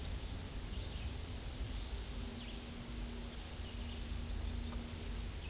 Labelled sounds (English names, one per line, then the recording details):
Hooded Warbler song
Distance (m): 25 m
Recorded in a Pennsylvania forest on 18 May 2023 at 11:03
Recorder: AudioMoth, point grid1_12_low
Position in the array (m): 150 m, 107 m